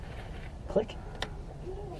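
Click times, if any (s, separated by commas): 1.2 s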